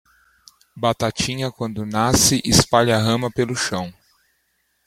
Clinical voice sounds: short text; Brazilian Portuguese; male; 30 to 39 years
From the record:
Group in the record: control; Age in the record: 34 years

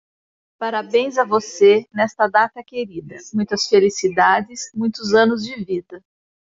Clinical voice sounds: short text; Brazilian Portuguese; female; 50 to 59 years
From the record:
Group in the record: control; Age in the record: 50 years

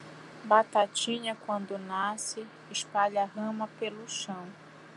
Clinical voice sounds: short text; Brazilian Portuguese; female; 30 to 39 years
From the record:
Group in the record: control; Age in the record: 39 years

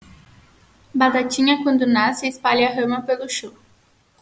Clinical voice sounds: short text; Brazilian Portuguese; female; 20 to 29 years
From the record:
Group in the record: control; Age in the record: 24 years

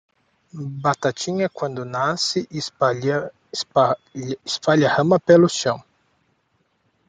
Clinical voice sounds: short text; Brazilian Portuguese; male; 30 to 39 years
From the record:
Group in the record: control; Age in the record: 38 years

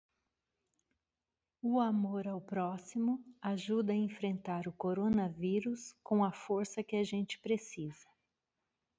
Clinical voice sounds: spoken sentence; Brazilian Portuguese; female; 50 to 59 years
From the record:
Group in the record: control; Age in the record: 52 years

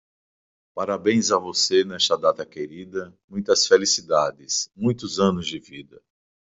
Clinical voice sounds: short text; Brazilian Portuguese; male; 60 to 69 years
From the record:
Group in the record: control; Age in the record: 61 years

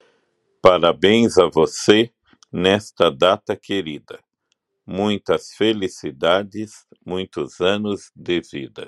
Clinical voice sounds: short text; Brazilian Portuguese; male; 50 to 59 years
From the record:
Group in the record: control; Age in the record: 57 years

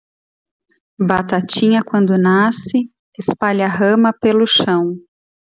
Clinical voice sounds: short text; Brazilian Portuguese; female; 30 to 39 years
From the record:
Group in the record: control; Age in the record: 39 years

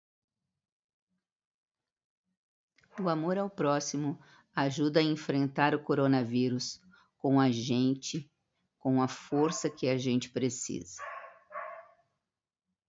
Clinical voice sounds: spoken sentence; Brazilian Portuguese; female; 60 to 69 years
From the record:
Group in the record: control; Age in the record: 64 years

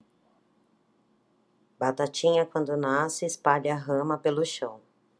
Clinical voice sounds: short text; Brazilian Portuguese; female; 40 to 49 years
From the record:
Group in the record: control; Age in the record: 42 years

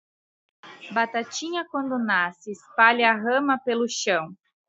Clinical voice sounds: short text; Brazilian Portuguese; female; 30 to 39 years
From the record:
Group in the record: control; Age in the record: 32 years

